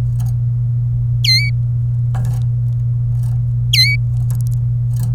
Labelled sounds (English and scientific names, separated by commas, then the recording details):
Domestic Canary (Serinus canaria) song
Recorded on 27 April 2018 at 13:56
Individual llb3